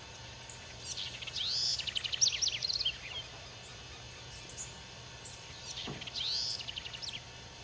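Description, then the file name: House wren singing two quick, jumbled phrases of high rising and falling notes and fast trills, with a pause of several seconds between them and a faint low hum. "Canto-da-CORRUÍRA"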